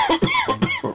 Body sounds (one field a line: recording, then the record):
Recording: coughing mixed with background sound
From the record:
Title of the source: Dry Coughing Fit in the Afternoon.